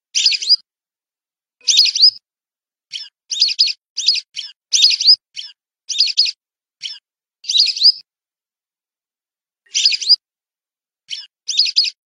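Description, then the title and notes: Whistling duck calls: clear high whistles repeated in quick groups, a few drawn-out rising notes, irregular gaps of up to about two seconds, otherwise silent. "Kicau Burung Belibis"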